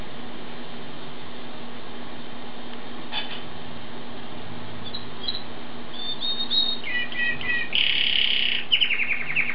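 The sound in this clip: Bird song: over a steady low hum, a few high chirps, then twittering trills build up over the second half.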